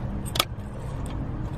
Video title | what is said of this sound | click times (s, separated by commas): How to Replace ALTERNATOR! (on miata) | onto that stud remember we have these three prongs in the back so it should click in | 0.4 s